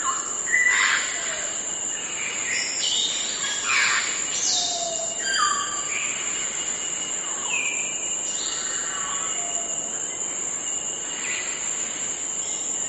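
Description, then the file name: Grey parrot giving a varied run of whistled notes and rasping calls, some sliding down, others rising, against constant high-pitched background hiss. "canto do papagaio cinzento"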